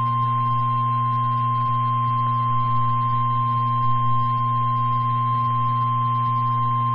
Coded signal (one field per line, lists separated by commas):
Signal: Emergency Alert System (SAME) tones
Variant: 1050 Hz attention tone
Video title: Double header | 5/6/22 - 2x Special Marine Warnings on KEC61 (EAS #461 & EAS #462)